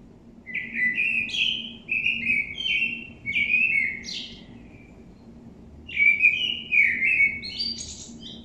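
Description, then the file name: Common blackbird with a long run of short fluted notes, several ending in sharp upward squeaks, then a pause and another warbling phrase. "Turdus merula"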